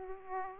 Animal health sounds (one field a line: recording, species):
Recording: mosquito wingbeat signal from an infrared sensor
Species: Aedes aegypti